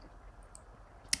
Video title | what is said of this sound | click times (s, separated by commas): Transhumance avec la grue Easyloader | et la partie en métal dans l'autre sens et tout se clipse d'un côté comme de l'autre | 1.1 s